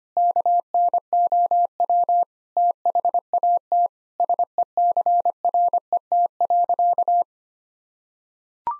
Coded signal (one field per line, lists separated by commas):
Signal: Morse code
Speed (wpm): 25 wpm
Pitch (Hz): 700 Hz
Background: none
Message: KNOW THAT SECRET.